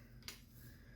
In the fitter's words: yeah, that little noise, that little click means it's torqued down to spec.